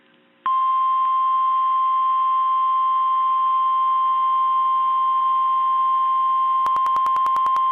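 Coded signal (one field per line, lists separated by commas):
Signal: Emergency Alert System (SAME) tones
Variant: 1050 Hz attention tone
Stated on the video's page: NOAA Weather Radio station WXK33 in San Angelo, Texas, with a particularly dangerous situation Severe Thunderstorm Warning from the local National Weather Service office.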